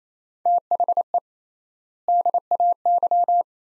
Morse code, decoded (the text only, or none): THE DAY